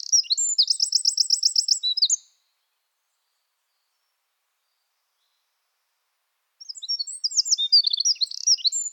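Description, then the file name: Eurasian wren song: the end of a high, rapid burst of sharp notes and fast trills, a silent pause of about four seconds, then another song of sharp high notes begins. "Troglodytes troglodytes"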